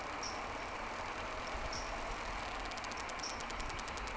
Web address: Sea Snake 10-3-06 Whales X 2 14-02 Round 2